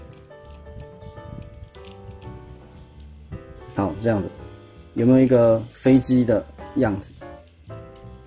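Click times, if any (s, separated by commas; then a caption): none. Someone handles a Transformers ROTF Deluxe Class Infiltration Soundwave toy in plane mode, trying to clip its plastic arm part into place, with faint plastic taps over background music while someone talks. The arm part fails to latch, and nothing has seated or clicked yet.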